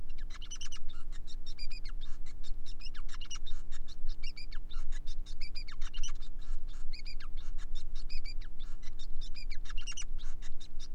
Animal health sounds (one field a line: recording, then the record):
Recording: song of a male Bengalese finch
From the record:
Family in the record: son of father 5